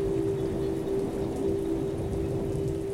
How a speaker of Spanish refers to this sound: Cae la tarde, cae la noche, suena el sonido de la lluvia y yo os dejo con un reflejo de una encina.